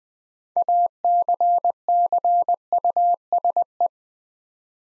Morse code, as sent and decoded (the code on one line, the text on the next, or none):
.- -.-. -.-. ..- ... .
ACCUSE